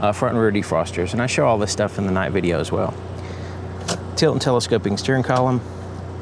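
In a 2025 VW Golf R, the steering column adjustment lock lever on the tilt and telescoping steering column is handled while someone talks over a low steady hum. The lever has not clicked shut yet and the column is not locked.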